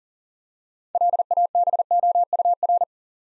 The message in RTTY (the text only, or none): none